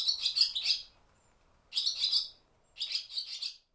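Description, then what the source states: Barn swallow calls, three bursts of rapid, high twittering chirps separated by short silences. Recorded inside a barn.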